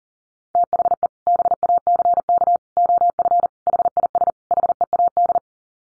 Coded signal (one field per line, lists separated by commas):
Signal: Morse code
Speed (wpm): 40 wpm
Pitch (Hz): 700 Hz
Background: none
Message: THE BACK OF HIS HEAD